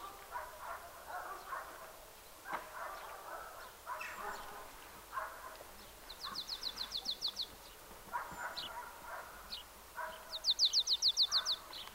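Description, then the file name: Marsh tit trilling twice, each a fast run of high, even notes, over a busy background of lower chirps and chatter from other birds. "Poecile palustris"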